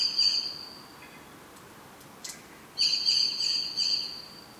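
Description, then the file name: Common blackbird calls in two bursts of thin, high, trilling notes, the second longer, with a soft tick between them. "Turdus merula"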